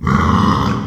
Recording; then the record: squeal of a Yucatan mini pig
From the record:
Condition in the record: after surgery on the right vocal fold (resection and tissue-engineered implant); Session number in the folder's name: 16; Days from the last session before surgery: 183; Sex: female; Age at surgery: 19 weeks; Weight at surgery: 25 kg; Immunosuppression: prednisolone